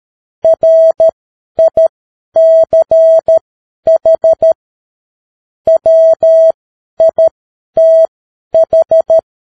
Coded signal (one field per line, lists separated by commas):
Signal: Morse code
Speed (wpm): 13 wpm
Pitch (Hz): 650 Hz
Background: none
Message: RICH WITH